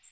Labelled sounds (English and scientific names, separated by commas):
Magnolia Warbler (Setophaga magnolia) flight call